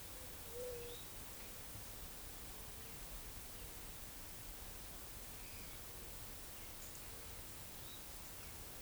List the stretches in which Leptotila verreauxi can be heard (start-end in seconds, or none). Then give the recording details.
0.45-0.99. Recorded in forest near Pivijay, Magdalena, Colombia, on 3 June 2023 at 10:00. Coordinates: 10.467, -74.380. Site Z5-G034